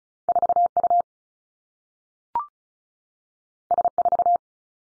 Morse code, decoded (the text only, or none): 4 U S 4